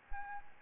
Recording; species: mosquito wingbeat signal from an infrared sensor; Anopheles arabiensis